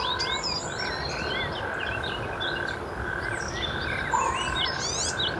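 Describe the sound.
Natterjack toad chorus of rattling trills, while several birds chirp and whistle over it and one brief lower note sounds near the end.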